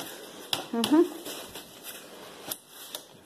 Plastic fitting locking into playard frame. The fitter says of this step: okay then you can just go lock this in place